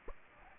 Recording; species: mosquito wingbeat signal from an infrared sensor; Aedes aegypti